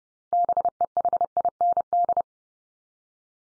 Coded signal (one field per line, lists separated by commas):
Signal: Morse code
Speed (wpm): 30 wpm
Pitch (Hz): 700 Hz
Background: none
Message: BEHIND